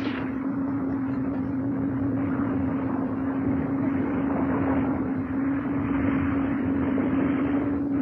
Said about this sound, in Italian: Io accendo i motori, tu apri il portello!